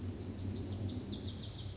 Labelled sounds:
Lazuli Bunting
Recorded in Sonoma County, California

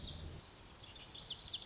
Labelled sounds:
Lazuli Bunting
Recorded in Sonoma County, California

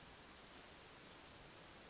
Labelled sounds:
Western Flycatcher
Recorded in Sonoma County, California

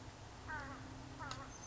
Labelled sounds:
Oak Titmouse
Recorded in Sonoma County, California

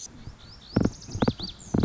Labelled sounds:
Lazuli Bunting
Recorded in Sonoma County, California

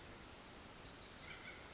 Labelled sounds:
Pacific Wren
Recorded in Sonoma County, California

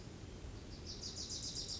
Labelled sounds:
Wilson's Warbler
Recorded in Sonoma County, California

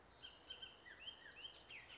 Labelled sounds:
Bullock's Oriole
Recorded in Sonoma County, California

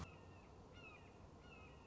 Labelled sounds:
Red-shouldered Hawk
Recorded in Sonoma County, California

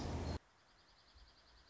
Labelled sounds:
Dark-eyed Junco
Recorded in Sonoma County, California

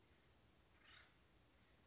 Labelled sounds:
Acorn Woodpecker
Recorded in Sonoma County, California

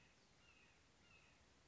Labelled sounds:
Red-shouldered Hawk
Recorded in Sonoma County, California

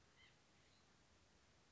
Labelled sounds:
White-breasted Nuthatch
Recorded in Sonoma County, California

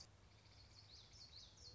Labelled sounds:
Common Yellowthroat
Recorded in Sonoma County, California

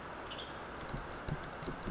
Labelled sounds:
Western Tanager
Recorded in Sonoma County, California

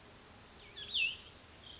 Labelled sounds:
Cassin's Vireo
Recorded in Sonoma County, California

